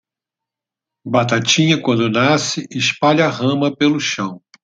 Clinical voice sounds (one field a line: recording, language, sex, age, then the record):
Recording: short text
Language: Brazilian Portuguese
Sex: male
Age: 50 to 59 years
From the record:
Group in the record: control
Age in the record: 59 years